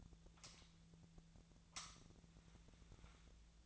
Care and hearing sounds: daily activity, microphone in the room; light on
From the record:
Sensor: 3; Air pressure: 1009.7 hPa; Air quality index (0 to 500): 190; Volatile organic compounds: 14 ppm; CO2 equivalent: 2470 ppm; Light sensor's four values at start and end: 38/95/41/44 and 45/118/50/51

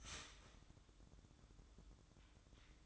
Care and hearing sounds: daily activity, microphone in the room; start toaster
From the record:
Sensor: 3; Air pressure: 1007.2 hPa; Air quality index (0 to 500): 54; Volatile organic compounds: 1 ppm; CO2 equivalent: 592 ppm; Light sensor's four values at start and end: 8/17/7/7 and 7/17/7/7

